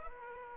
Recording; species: mosquito wingbeat signal from an infrared sensor; Aedes aegypti